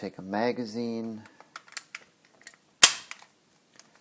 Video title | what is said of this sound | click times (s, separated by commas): Hogue Handall Grip Sleeve Hybrid on the Ruger LCP - Review & Installation | fit omit is good magazine locks into place right | 2.8 s